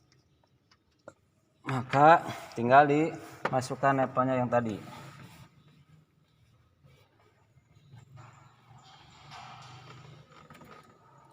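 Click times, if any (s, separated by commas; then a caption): none. An AC charging hose quick coupler from an AC recycle machine (HW 3000) is lined up over the air-conditioning service port nipple of a Xenia R Deluxe 1.3 car, positioned so it fits properly before being locked. Someone talks, followed by faint handling noise and a short tap near the end. Nothing has seated or clicked yet.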